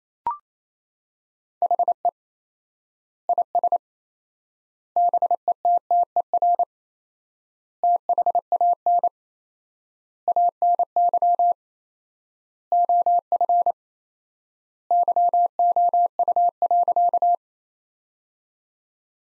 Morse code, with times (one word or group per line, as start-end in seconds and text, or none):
1.6-2.1 HE
3.3-3.8 IS
5.0-6.6 BETTER
7.8-9.1 THAN
10.3-11.5 ANY
12.7-13.7 OF
14.9-17.3 YOU.